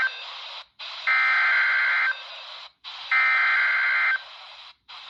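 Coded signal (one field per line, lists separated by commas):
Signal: Emergency Alert System (SAME) tones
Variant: header bursts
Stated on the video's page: Severe thunderstorm warning from NOAA weather radio transmitter on Mount Jefferson NC, 162.500 MHz, received about 82 miles away on a RadioShack 12-254 weather radio.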